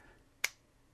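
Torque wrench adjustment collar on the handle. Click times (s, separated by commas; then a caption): 0.5 s. The adjustment collar on the handle of a 3/8-drive click torque wrench (10–45 ft-lb, 13.6–61 Nm) is turned to a setting between two numbers. A single sharp, bright click sounds at 0.5 s against near silence. The collar seats into its detent at that setting.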